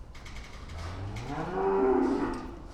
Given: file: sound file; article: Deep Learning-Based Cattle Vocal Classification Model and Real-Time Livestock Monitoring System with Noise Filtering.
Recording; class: cattle; food anticipating call